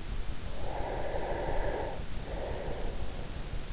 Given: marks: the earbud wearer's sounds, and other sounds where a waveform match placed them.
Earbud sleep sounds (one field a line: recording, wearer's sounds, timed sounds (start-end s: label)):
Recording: sounds in sleep by an in-ear microphone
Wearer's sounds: breath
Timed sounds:
0.51-3.14 s: breath